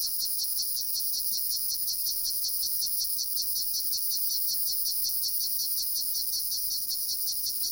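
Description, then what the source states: Cicada song, a high, even, rhythmically pulsing buzz sustained throughout with nothing else audible. Recorded at Jomsom, Nepal.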